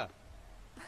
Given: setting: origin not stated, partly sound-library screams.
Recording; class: one-second piece from a danger detection set; normal situation